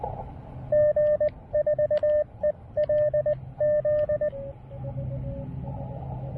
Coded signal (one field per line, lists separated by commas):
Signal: Morse code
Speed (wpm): 19 wpm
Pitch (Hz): 590 Hz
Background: radio noise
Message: G4ELZ